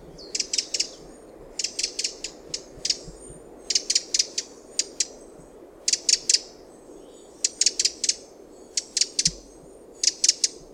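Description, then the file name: Eurasian wren calls: dry high ticking notes in quick clusters, repeated every second or two. "Troglodytes troglodytes"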